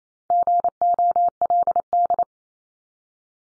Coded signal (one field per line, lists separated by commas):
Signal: Morse code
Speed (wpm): 28 wpm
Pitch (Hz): 700 Hz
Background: none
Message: GOLD